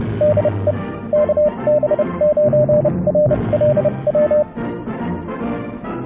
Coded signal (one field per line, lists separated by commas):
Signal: Morse code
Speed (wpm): 30 wpm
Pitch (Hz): 600 Hz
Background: music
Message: DE KB9RLW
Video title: Ham Radio - May 2017 Channel Update and a look at N9SAB's OCF dipole